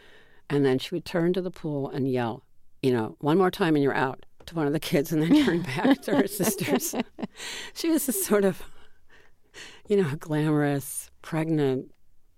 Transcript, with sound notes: and then she would turn to the pool and yell, you know, one more time and you're out to one of the kids and then turn back to her sisters.
(LAUGHTER)
She was just sort of, you know, a glamorous pregnant